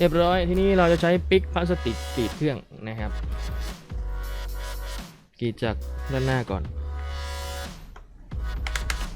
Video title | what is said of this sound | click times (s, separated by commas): แกะเครื่องอัพเกรด SSD Lenovo ideapad 330 - 15ast ช้านักต้องจัดหน่อย | มันจะมีเสียงป๊อกแป๊กปแป๊กนิดนึงเสียง | 8.7 s, 8.8 s, 8.9 s